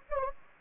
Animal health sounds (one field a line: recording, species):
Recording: mosquito wingbeat signal from an infrared sensor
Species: Anopheles gambiae